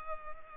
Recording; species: mosquito wingbeat signal from an infrared sensor; Culex pipiens